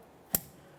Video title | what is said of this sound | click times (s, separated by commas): How to Replace Rear Brakes 2014-2018 Mazda 3 | After an audible click, a light tug confirming it's properly secured in place. | 0.4 s